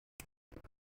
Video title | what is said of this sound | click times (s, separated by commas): Marvel Legends - Walgreens Exclusive - Mr. Fantastic Review | you can see all the way through them there but you just pick an arm pick a port and snaps | 0.2 s